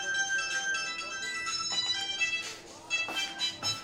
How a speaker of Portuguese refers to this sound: Olha, não desligue, que eu vou atender o telefone, tá?